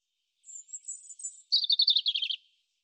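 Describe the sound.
European robin song, a thin high whistled opening followed by a lower, fast, jangling trilled run, lasting about two seconds in otherwise clean quiet.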